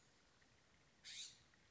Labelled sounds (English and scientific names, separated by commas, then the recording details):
California Scrub-Jay (Aphelocoma californica)
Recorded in Sonoma County, California